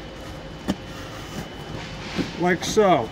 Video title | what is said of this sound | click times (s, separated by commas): Lindt holiday Lama Displays | they'll click into place | 0.7 s